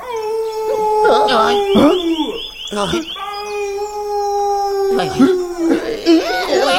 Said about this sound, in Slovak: Počuli ste to? Čo to bolo? To je vlk!